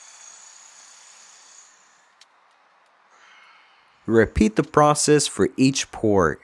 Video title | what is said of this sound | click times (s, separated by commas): Air Vents Not Working? Here’s the Fix for Your Mercury Grand Marquis! | so rotate it until it clicks into place. | 2.2 s